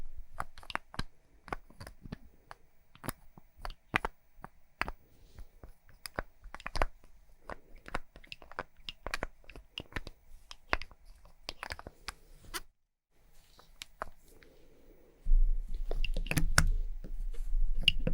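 Quick tapping and scratching on makeup items, a dense run of sharp clicks and taps at an uneven pace for most of the clip. A short pause comes near 13 seconds, then from about 15 seconds a steady low rumble and louder rustling join the taps.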